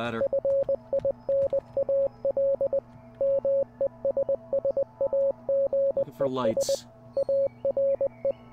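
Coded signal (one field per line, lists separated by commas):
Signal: Morse code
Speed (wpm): 20 wpm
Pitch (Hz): 550 Hz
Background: speech, music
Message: FINAL MESSAGES ARE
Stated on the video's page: Morse code heard in the game Receiver 2, on its final tape.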